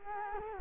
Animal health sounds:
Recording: mosquito wingbeat signal from an infrared sensor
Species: Culex quinquefasciatus

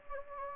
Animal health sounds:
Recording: mosquito wingbeat signal from an infrared sensor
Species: Anopheles gambiae

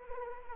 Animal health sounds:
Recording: mosquito wingbeat signal from an infrared sensor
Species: Anopheles arabiensis

